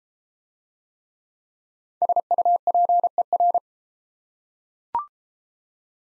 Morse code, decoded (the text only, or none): SUPER